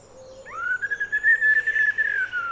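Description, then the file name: Eurasian blackbird, a long, clear whistled note rising sharply, then holding steady with slight wavering for about two seconds before falling away. "Turdus merula"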